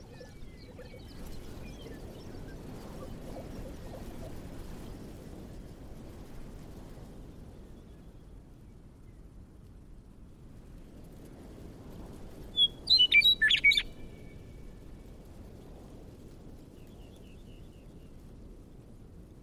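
A low, steady rumble of wind or noise fills the background while a burst of bright bird chirps rings out near the thirteen-second mark.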